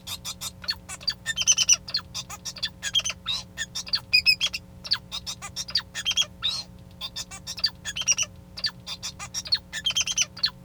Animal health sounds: song of a male Bengalese finch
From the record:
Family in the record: son of father 2

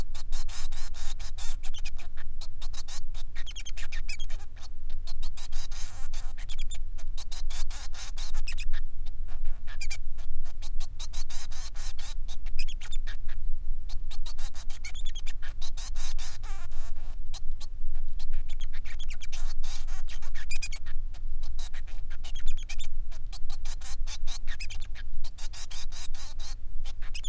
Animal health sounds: song of a male Bengalese finch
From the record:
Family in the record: son of father 3

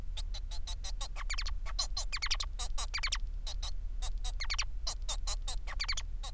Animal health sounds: song of a male Bengalese finch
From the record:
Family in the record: son of father 4

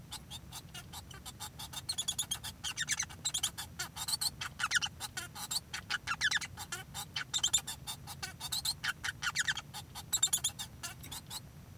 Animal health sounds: song of a male Bengalese finch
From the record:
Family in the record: son of father 1

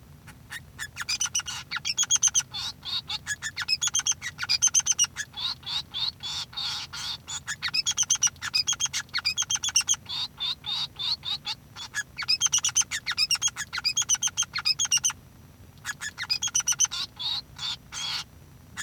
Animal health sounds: song of a male Bengalese finch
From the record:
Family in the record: son of father 3

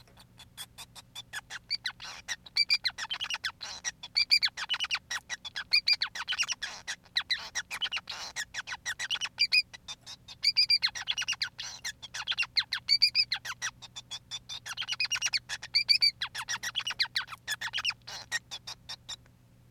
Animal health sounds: song of a male Bengalese finch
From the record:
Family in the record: son of father 5

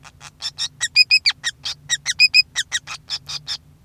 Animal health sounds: song of a male Bengalese finch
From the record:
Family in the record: son of father 5

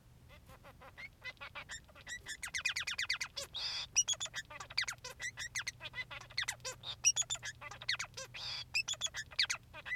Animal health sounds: song of a male Bengalese finch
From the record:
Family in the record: son of father 3

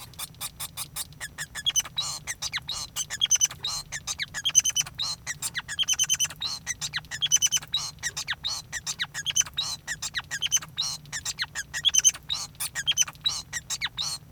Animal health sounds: song of a male Bengalese finch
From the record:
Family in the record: son of father 5

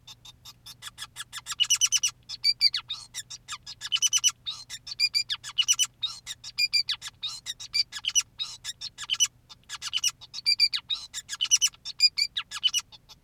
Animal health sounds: song of a male Bengalese finch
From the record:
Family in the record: son of father 2, and himself father 5

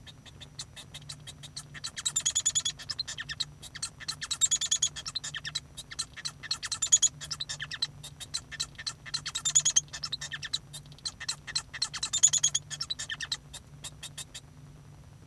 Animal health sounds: song of a male Bengalese finch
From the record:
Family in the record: son of father 1

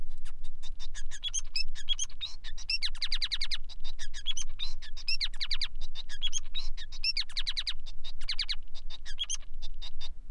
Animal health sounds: song of a male Bengalese finch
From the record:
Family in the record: son of father 5

